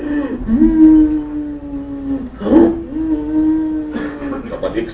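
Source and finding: A man imitating the sound with his voice. Prolonged expiratory rhonchi (imitated).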